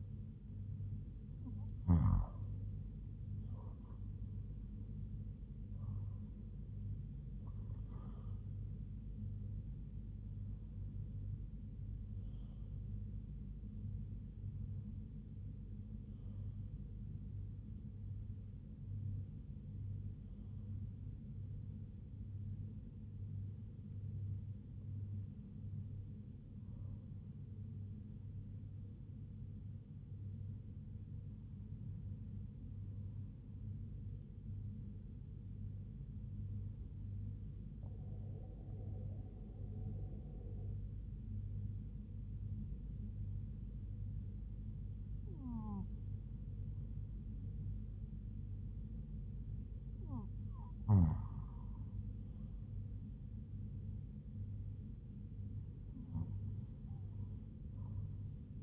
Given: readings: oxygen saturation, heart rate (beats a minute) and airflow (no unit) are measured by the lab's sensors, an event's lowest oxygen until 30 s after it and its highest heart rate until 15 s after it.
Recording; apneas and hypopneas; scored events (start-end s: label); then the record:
breathing in sleep by a smartphone at the bedside; none
17.00-58.62 s: new sleep stage, N1 (lightest sleep)
From the record:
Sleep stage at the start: N2 (light sleep); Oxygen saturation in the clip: 95 to 97%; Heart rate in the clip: 72 to 81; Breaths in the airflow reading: 11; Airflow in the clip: -5.7 to 6.1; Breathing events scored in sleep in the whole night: 158 in 7.3 hours asleep